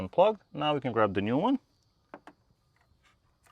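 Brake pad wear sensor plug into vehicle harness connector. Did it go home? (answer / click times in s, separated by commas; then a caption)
yes / 2.1 s, 2.3 s. Someone talks, then the plastic plug of a new rear brake pad wear sensor on a BMW X5, X6 or X7 is pushed into its mating connector inside the harness box. Two short, sharp clicks sound at 2.1 s and 2.3 s as the plug seats, and the connection is confirmed.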